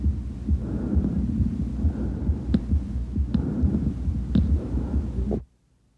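Repeated low, muffled heart thumps heard through a stethoscope on an adult chest, fairly fast, with a few sharp clicks from stethoscope movement.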